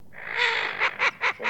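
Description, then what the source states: Eurasian wigeon whistles: one drawn-out, breathy whistle followed by four short, clipped whistles in quick succession, with no other sounds. Recording made for use in an electronic decoy caller.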